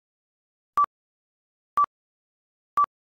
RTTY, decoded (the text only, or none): none